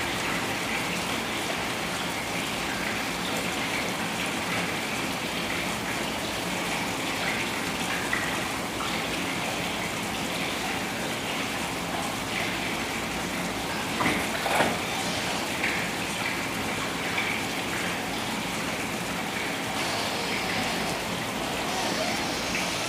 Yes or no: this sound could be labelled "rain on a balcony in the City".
yes